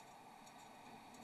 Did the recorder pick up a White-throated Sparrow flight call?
no